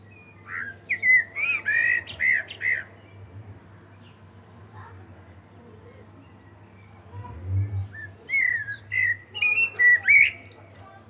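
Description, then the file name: Common blackbird song: a long melodious run of varied fluted whistles, a pause, then another whistled phrase with high twitters; low hum in the background. "Turdus merula"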